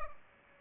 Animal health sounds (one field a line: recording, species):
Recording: mosquito wingbeat signal from an infrared sensor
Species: Culex pipiens